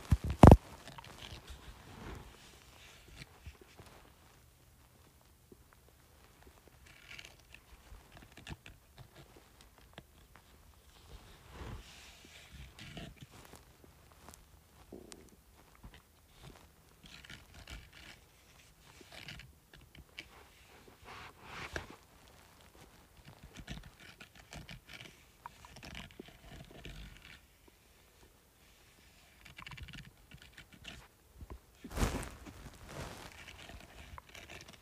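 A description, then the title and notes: Scratching on a speaker, a dry stream of quick irregular scrapes and taps that comes and goes in short bursts. Most strokes are soft, with a few sharper, louder hits near the start and around 32 seconds. Brief quiet gaps separate the busier stretches. ASMR Scratching Speaker.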